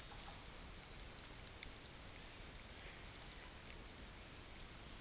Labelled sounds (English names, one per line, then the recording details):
none
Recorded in dense forest near Puerto Asís, Putumayo, Colombia, on 23 June 2025 at 16:30
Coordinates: 0.503, -76.323
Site G059